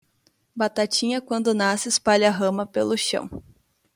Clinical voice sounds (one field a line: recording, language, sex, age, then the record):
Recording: short text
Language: Brazilian Portuguese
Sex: female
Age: 20 to 29 years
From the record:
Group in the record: control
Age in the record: 26 years